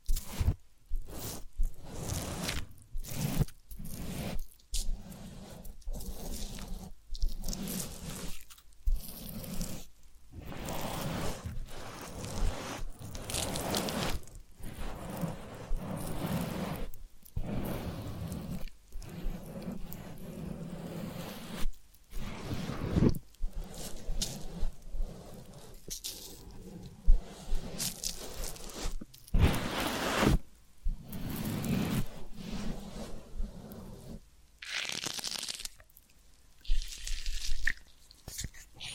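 A massage, ear cleaning and spa session: close, crackly rustling and squishing strokes in irregular bursts, broken by frequent short silences. The scraping, crunchy textures come and go all the way through, with brighter crackles clustering near the end.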